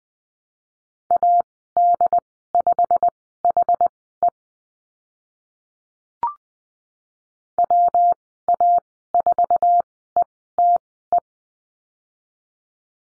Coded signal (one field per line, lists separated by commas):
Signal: Morse code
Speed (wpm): 20 wpm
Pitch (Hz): 700 Hz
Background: none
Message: AD5HE WA4ETE